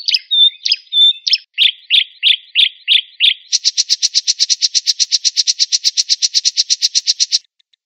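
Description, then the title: Oriental magpie-robin singing: short whistles and scratchy notes open the phrase, then harsh buzzy elements repeat and merge into a long, rapid, even train of pulses that stops abruptly. "Kicau Kacer"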